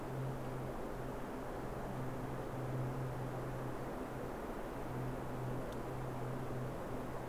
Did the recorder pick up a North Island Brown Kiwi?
no